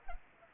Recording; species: mosquito wingbeat signal from an infrared sensor; Culex pipiens